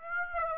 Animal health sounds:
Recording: mosquito wingbeat signal from an infrared sensor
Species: Aedes aegypti

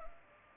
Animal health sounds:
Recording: mosquito wingbeat signal from an infrared sensor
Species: Culex pipiens

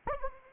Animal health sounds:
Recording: mosquito wingbeat signal from an infrared sensor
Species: Anopheles arabiensis

